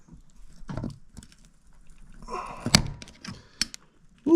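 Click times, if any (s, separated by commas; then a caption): 2.8 s, 3.6 s. A retaining clip is pressed with pliers onto the steel front axle spindle of a mud mower, with low scraping and handling noise building up. Sharp snaps ring out at 2.8 s and 3.6 s as the clip seats firmly on the axle.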